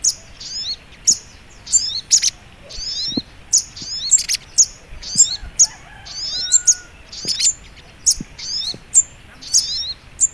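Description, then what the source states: Little spiderhunter singing rapid high squeaky phrases, each a quick chirp followed by a downslurred twitter, repeating steadily over a quiet background. Training recording (masteran).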